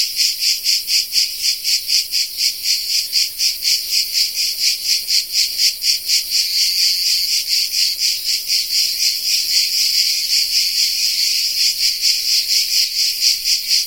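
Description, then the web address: Cicada buzzing shrilly in rhythmic throbs about twice a second. Cicada of the genus Tettigia recorded in the Peloponnese in the morning. "Peloponnes akustik au Tettigia Cicada morning"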